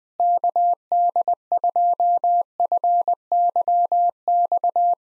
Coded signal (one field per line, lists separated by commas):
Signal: Morse code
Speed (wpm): 20 wpm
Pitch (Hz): 700 Hz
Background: none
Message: KD2FYX